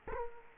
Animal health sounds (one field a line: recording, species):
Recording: mosquito wingbeat signal from an infrared sensor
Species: Culex quinquefasciatus